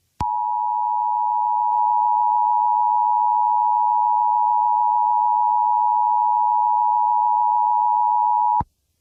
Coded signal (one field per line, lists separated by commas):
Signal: Emergency Alert System (SAME) tones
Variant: 853 and 960 Hz attention tone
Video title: EAS Scenario #7: Code Blue